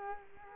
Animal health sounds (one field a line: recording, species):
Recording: mosquito wingbeat signal from an infrared sensor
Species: Culex quinquefasciatus